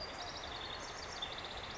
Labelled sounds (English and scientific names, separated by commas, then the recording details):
House Wren (Troglodytes aedon)
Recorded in Sonoma County, California